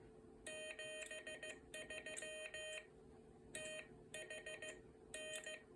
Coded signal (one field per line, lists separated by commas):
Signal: Morse code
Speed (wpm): 16 wpm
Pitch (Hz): 620 Hz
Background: none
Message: 73 TH N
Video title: Long Island CW Club Morserino build Part 2